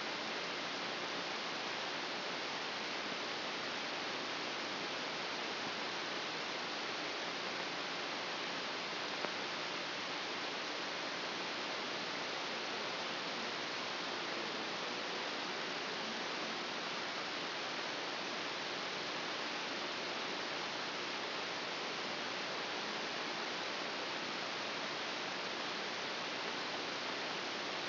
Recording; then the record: brain microelectrode recording played as sound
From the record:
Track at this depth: outside the subthalamic nucleus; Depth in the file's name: 0.84 mm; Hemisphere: left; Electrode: 3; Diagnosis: Parkinson's disease